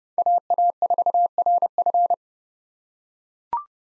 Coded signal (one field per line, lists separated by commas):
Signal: Morse code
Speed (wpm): 30 wpm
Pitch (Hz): 700 Hz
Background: none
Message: AA4RF